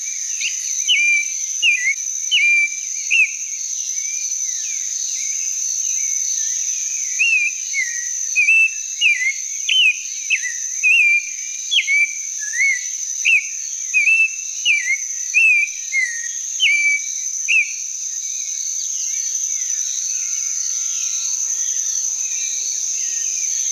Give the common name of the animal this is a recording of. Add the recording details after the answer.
Clay-colored Thrush. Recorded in the wild. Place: Quepos / Manuel Antonio Nationalpark, CR. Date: 1992-04-22. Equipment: Dat-Recorder Casio DA 7, Telinga DAT, Telinga-Parabolspiegel. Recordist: Schwarz, Dieter